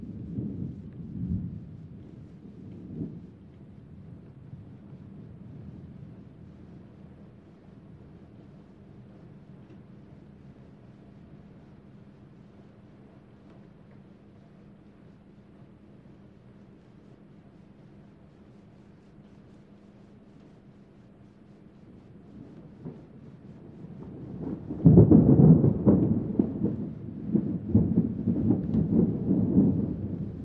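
Thunder rumbles low and deep during a rainstorm, with a few short rolls in the first three seconds. A quiet, steady low drone fills the long lull that follows. Around twenty-five seconds a loud, close roll of thunder builds and keeps rumbling to the end.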